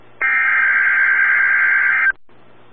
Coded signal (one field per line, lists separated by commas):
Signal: Emergency Alert System (SAME) tones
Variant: header bursts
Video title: EAS Tornado Watch #517 (Moderate SPC Risk!) Oklahoma City/North Texas NOAA Weather Radio